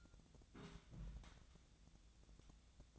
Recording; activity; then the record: daily activity, microphone in the room; place on stove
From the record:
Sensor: 3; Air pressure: 1000.0 hPa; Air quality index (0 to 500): 128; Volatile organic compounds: 2 ppm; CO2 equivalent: 1143 ppm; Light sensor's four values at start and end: 43/108/46/51 and 43/108/46/51